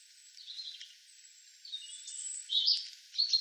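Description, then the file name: European robin song: soft high whistles and slurred notes building into louder, rapid twittering trills near the end. "Erithacus rubecula"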